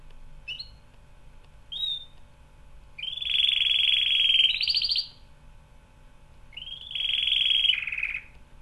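Canary song: short upswept chirps followed by two long, rapid, rattling trills.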